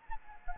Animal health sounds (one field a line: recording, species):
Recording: mosquito wingbeat signal from an infrared sensor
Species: Anopheles gambiae